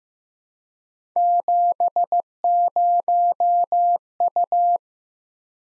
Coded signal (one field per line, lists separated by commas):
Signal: Morse code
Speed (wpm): 15 wpm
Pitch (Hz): 700 Hz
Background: none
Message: 70U